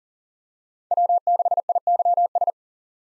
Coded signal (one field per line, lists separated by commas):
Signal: Morse code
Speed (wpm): 40 wpm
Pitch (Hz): 700 Hz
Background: none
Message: W6IYS